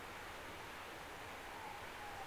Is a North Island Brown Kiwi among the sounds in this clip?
no